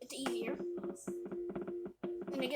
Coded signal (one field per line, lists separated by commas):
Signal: Morse code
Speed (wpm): 20 wpm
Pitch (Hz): 350 Hz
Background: speech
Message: CQD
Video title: When you in a situation do morse code